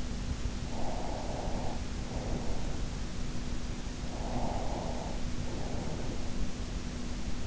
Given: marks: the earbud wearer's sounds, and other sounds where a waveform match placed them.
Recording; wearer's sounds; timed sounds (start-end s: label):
sounds in sleep by an in-ear microphone; breath
0.73-2.78 s: breath
4.01-6.19 s: breath